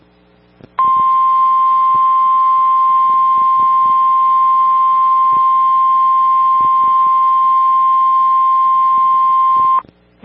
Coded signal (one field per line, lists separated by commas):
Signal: Emergency Alert System (SAME) tones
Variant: 1050 Hz attention tone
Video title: Severe Thunderstorm Warning (4/17/26) [EAS #392]